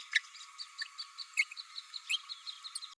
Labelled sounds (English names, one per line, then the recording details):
Green-rumped Parrotlet babbling
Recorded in a nest box in Venezuela
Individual 18B104A3